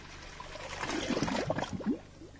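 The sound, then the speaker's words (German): Sea water splashes and sloshes as a person in cotton swimming trunks runs into the sunlit, glittering sea, a quick, irregular flurry of wet bursts for about two seconds, ending on a brief louder slap before fading, with no voices. “und rannte in das unter der Sonne silbrig glitzernde Meer.”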